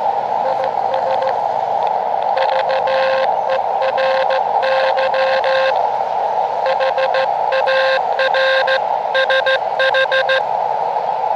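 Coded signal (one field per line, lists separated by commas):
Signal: Morse code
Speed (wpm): 14 wpm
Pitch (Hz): 530 Hz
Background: radio noise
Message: IS VERY HARSH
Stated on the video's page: QRP portable operation on an Elecraft KX2 with two random wire antennas.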